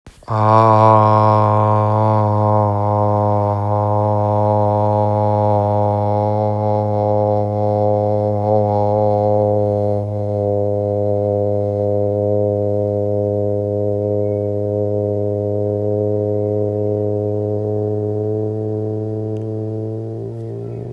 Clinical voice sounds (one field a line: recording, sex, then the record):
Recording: sustained vowel /a/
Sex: male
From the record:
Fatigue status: no fatigue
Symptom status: symptomatic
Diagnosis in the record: COVID-19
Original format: m4a